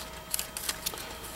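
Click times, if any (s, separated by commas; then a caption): 0.3 s. The pressure bar of a voting machine's thermal tape printer is pushed down over the thermal paper roll laid in it and latches with a sharp click at 0.3 s, followed by several lighter ticks and clicks. The bar only clicks down when the roll is the right way round, and here it seats in place.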